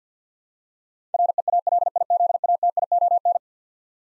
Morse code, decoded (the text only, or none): REALIZATION